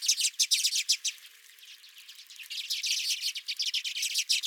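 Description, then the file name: Redpolls giving quick, dry chip notes in rapid series, with a short quieter gap before the chatter resumes strongly. Redpolls at the recordist's feeder. "Redpolls at My Feeder"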